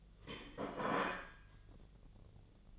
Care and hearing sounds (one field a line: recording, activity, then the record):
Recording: daily activity, microphone in the room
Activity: place plate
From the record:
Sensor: 4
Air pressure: 1010.2 hPa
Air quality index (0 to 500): 181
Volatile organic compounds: 5 ppm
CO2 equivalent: 1830 ppm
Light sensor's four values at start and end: 30/91/35/35 and 30/91/35/35